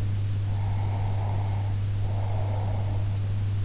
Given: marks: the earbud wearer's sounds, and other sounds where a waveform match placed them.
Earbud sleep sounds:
sounds in sleep by an in-ear microphone; breath
0.52-3.15 s: breath

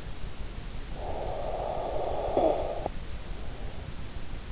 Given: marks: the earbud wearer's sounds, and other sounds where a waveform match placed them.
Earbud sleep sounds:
sounds in sleep by an in-ear microphone; snoring breath
0.77-3.12 s: snoring breath

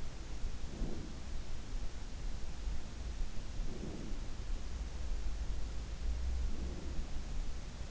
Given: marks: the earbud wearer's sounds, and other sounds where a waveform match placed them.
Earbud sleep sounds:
sounds in sleep by an in-ear microphone; breath
0.47-1.36 s: breath
3.37-4.15 s: breath
6.35-6.96 s: breath

